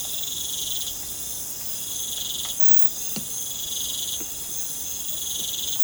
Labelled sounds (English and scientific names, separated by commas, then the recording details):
none
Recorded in pastures near Puerto Asís, Putumayo, Colombia, on 30 June 2025 at 23:30
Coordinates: 0.472, -76.331
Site G095